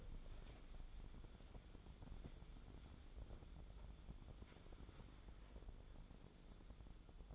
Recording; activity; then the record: daily activity, microphone in the room; wipe stove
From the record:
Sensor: 5